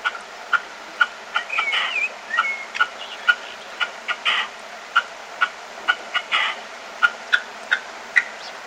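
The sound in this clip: Red-legged partridge calling in a rapid series of clipped, chuck-like notes, mixed with rougher grating bursts, against light background noise.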